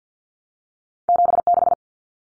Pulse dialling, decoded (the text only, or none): none